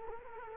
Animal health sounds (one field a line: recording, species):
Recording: mosquito wingbeat signal from an infrared sensor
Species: Culex quinquefasciatus